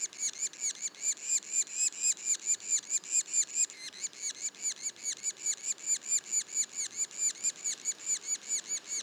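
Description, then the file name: Yellow-bellied sapsucker juveniles calling: a rapid stream of mewing harmonic notes, steady across the whole stretch. Juveniles; Mont-Orford National Park, Quebec. "pic macule. parc national du mont orford"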